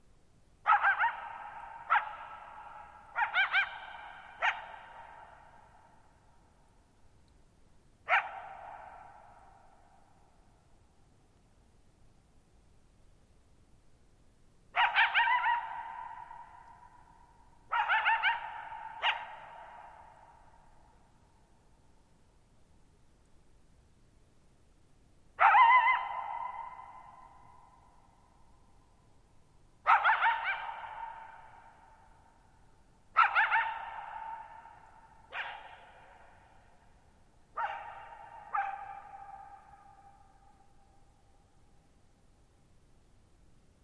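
A coyote barks in short, sharp yelps, each followed by a ringing echo that trails off over a second or so. The calls come in loose clusters every few seconds across the whole stretch, with the echo's length and tone shifting from bark to bark over a quiet background.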